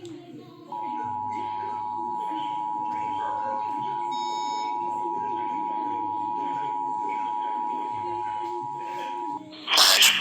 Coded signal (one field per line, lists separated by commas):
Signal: Emergency Alert System (SAME) tones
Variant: 853 and 960 Hz attention tone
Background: speech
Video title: New Station KGGI KD2 EAS #778 - #779 Just KGGI Relaying a FFW